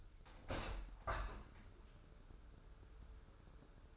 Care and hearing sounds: daily activity, microphone in the room; open window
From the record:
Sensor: 2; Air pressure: 995.6 hPa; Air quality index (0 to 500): 97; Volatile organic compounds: 5 ppm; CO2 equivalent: 1789 ppm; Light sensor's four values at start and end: 24/76/30/29 and 24/77/31/29

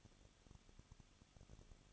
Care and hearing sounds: daily activity, microphone in the room; no activity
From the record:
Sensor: 4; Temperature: 23.0 degrees Celsius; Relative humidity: 34.2%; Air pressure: 1007.2 hPa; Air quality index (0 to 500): 217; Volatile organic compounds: 15 ppm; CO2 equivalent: 2509 ppm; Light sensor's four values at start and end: 2/3/1/1 and 2/3/1/1

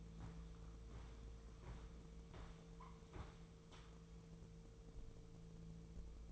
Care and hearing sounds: daily activity, microphone in the room; walk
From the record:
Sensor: 1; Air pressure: 1005.5 hPa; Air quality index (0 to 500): 124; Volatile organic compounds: 5 ppm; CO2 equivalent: 1736 ppm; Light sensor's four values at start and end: 11/27/11/12 and 11/25/10/11

